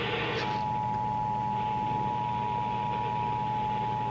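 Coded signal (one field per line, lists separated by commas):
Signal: Emergency Alert System (SAME) tones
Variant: 853 and 960 Hz attention tone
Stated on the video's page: Required Monthly Test carried on eight stations.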